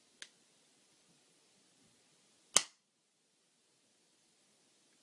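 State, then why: Seated. A plastic 23andMe saliva collection tube is held upright while its funnel lid is pushed firmly closed, with a faint tick at 0.2 s and then a loud, sharp click at 2.6 s. The lid is snapped shut and seated, confirmed by the liquid in the lid being released into the tube.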